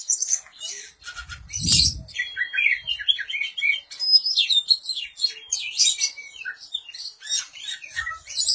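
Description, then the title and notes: Oriental magpie-robin song: a dense, rapid jumble of high chirps, trills and sliding whistles, with a brief low thump near the second second. "suara kacer. kumpulan suara burung kacer"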